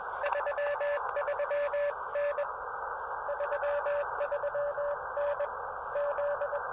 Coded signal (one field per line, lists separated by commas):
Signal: Morse code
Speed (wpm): 20 wpm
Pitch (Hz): 600 Hz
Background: radio noise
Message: 33N 33N Z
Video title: Amazing SOTA Activation of Mount Pisgah (W4C/CM-011) pairing the Elecraft KX2 and CHA MPAS Lite!